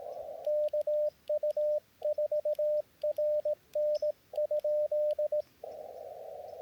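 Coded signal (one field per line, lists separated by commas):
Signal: Morse code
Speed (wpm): 18 wpm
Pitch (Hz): 600 Hz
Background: radio noise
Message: KU4RN?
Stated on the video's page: Portable Parks on the Air activation from a backcountry campground in Akamina-Kishinea Provincial Park, British Columbia.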